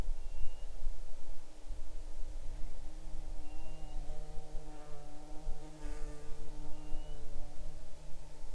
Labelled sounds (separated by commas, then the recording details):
bird, insects
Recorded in the Arctic National Wildlife Refuge, Alaska, on 6 July 2019 at 00:41
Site 39